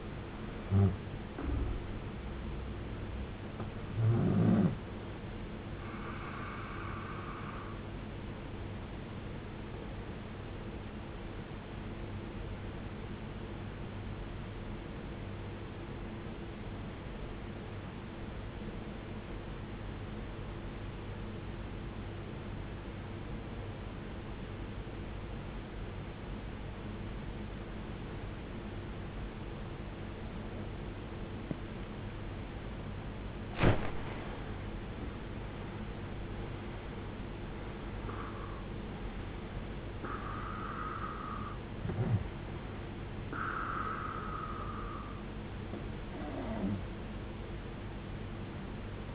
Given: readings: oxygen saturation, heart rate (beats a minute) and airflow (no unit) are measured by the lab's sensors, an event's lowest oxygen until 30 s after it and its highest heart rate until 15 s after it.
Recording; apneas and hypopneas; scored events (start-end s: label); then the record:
breathing in sleep by a voice recorder at the bedside; 1
15.00-34.10 s: obstructive apnea (N1, oxygen 94% highest, then 84% lowest, heart rate 51 at the start, 75 highest)
22.00-49.15 s: new sleep stage, N2 (light sleep)
From the record:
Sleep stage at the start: N1 (lightest sleep); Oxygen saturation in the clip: 81 to 94%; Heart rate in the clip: 51 to 79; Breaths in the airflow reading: 6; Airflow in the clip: -16.2 to 17.1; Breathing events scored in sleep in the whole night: 389 in 6.3 hours asleep